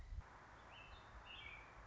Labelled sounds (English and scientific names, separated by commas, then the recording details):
American Robin (Turdus migratorius)
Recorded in Sonoma County, California